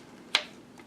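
A hose quick-connect fitting on an oil catch can line is pushed onto its nipple on the catch can port and snaps home with a sharp, bright click at 0.3 s, seating the connection. A much fainter tick follows around 0.8 s, and no one talks.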